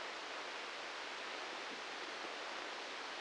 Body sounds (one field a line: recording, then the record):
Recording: brain microelectrode recording played as sound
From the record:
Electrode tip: inside the subthalamic nucleus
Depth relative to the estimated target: 0 mm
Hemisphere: right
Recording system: NeuroSet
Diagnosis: Parkinson's disease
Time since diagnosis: 19 years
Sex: female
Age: 69 years